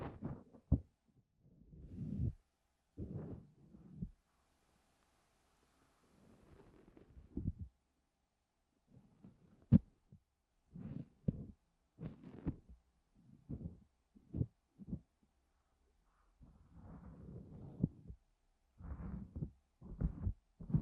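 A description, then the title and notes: Deep ear cleaning with no talking: irregular low, muffled rubbing thumps in short bursts and pauses, with one sharp click near ten seconds. ASMR DEEP Ear Cleaning No talking 시원한 모래 귀청소.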